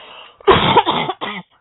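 A harsh cough from an adult woman in two quick bursts, with a chesty, congested quality, caused by bronchitis.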